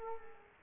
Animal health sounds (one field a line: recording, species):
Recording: mosquito wingbeat signal from an infrared sensor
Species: Culex pipiens